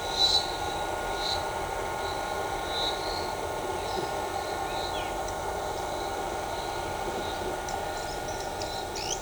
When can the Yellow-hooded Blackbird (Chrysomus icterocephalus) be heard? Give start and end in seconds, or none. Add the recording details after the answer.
7.66-9.18. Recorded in shrubland near Pivijay, Magdalena, Colombia, on 16 April 2023 at 10:30. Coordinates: 10.453, -74.365. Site P5-G022